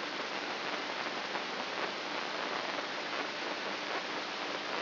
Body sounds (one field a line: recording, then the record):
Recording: brain microelectrode recording played as sound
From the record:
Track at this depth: inside the subthalamic nucleus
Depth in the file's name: 5.083 mm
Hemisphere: left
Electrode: 3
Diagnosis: Parkinson's disease